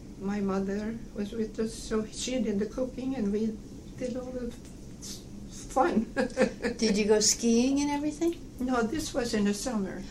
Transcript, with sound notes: my mother was with us, so she did the cooking and we did all the fun (laughs)
Did you go skiing and everything?
No, this was in the summer.